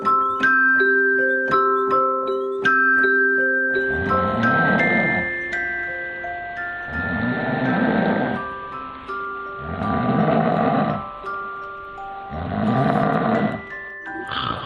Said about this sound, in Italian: E quindi comincio a russare. Vi fa tanto schifo? Vi fa senso? Pensate che un uomo che russa è un uomo che debba vergognarsi, debba sentirsi inferiore rispetto a una donna? Ebbene, ascoltate io che russo.